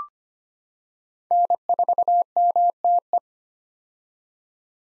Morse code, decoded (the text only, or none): N4MTE